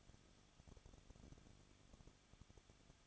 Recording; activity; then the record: daily activity, microphone in the room; no activity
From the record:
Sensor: 4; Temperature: 23.1 degrees Celsius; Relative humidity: 34.1%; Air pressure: 1007.2 hPa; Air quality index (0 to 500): 217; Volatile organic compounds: 15 ppm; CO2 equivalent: 2508 ppm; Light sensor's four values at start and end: 2/3/1/1 and 2/3/1/1